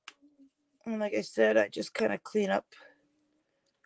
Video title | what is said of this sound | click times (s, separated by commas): Can We Built a house???? Part 1 | and push with the glue you don't hear the snapping as much but you will feel it | 0.1 s